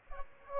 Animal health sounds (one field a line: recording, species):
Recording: mosquito wingbeat signal from an infrared sensor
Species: Aedes aegypti